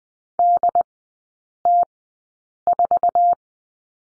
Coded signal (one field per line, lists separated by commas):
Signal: Morse code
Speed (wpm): 20 wpm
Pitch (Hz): 700 Hz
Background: none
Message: DT4